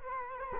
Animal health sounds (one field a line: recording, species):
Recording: mosquito wingbeat signal from an infrared sensor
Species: Culex quinquefasciatus